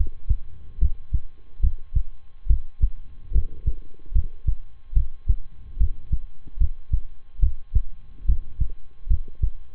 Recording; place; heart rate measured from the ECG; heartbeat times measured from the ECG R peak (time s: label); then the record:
heart sounds by stethoscope; between the tricuspid and mitral areas; 72 bpm
0.78 s: heartbeat
1.60 s: heartbeat
2.46 s: heartbeat
3.31 s: heartbeat
4.12 s: heartbeat
4.93 s: heartbeat
5.77 s: heartbeat
6.57 s: heartbeat
7.39 s: heartbeat
8.25 s: heartbeat
9.07 s: heartbeat
From the record:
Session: rest, lying down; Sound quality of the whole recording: good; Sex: male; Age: 23 years